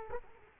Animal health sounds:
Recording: mosquito wingbeat signal from an infrared sensor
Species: Culex quinquefasciatus

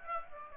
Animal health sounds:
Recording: mosquito wingbeat signal from an infrared sensor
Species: Aedes aegypti

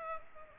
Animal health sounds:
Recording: mosquito wingbeat signal from an infrared sensor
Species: Aedes aegypti

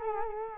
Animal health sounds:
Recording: mosquito wingbeat signal from an infrared sensor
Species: Culex quinquefasciatus

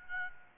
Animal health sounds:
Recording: mosquito wingbeat signal from an infrared sensor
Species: Aedes albopictus

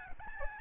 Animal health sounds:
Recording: mosquito wingbeat signal from an infrared sensor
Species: Aedes albopictus

